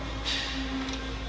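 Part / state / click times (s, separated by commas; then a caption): flush mechanism part into concealed cistern housing / not seated / none. A flush mechanism part is handled at a Jaquar concealed cistern's housing, where it is meant to lock into a groove. Only a low steady hum with faint rustling is heard, and there is no talk. Nothing has seated or clicked yet.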